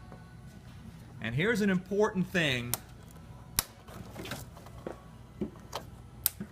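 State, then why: Seated. A clear plastic rivet clip is pushed through a panel and ratcheted down over its ribs, clicking at 3.6, 5.8 and 6.3 seconds. Someone talks beforehand. The three clicks mean the clip is fully seated and completely attached.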